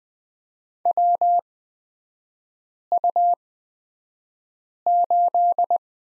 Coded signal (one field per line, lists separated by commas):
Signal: Morse code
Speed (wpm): 20 wpm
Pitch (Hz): 700 Hz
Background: none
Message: WU8